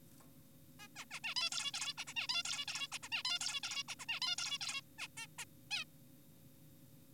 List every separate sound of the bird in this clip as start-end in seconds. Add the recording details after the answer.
0.80-0.88, 0.96-1.05, 1.11-1.20, 1.24-1.34, 1.36-1.50, 1.52-1.72, 1.74-1.94, 1.98-2.05, 2.07-2.14, 2.16-2.27, 2.29-2.43, 2.45-2.65, 2.68-2.88, 2.92-2.99, 3.03-3.09, 3.12-3.23, 3.25-3.39, 3.41-3.60, 3.63-3.83, 3.88-3.95, 4.00-4.06, 4.09-4.20, 4.22-4.36, 4.38-4.58, 4.61-4.81, 4.98-5.08, 5.17-5.26, 5.38-5.45, 5.71-5.85. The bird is an adult. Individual g4p5U